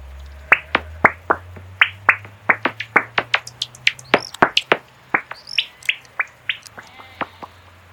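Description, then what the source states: Noctule bat echolocation on a detector: loud, sharp clicking pulses in an irregular run, about three to four per second, some higher, over a low hum. Flying over at twilight just after 9:30 pm on a calm June evening, during a soprano pipistrelle emergence count at an abbey in Wiltshire, on the edge of the Cotswolds.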